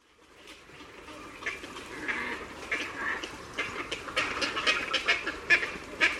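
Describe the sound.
Bird calls, a flock's chatter building up from quiet, with rapid overlapping short notes and harsh bursts growing louder toward the end.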